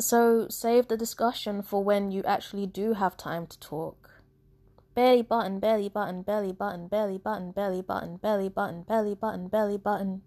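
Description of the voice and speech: A woman's spoken sentence stops, and after a pause "belly button" repeats eight times in quick rhythm. These are involuntary vocal tics of Tourette syndrome: as the condition progressed it learned words, which come out unintentionally, are unrelated to what she is saying, and repeat.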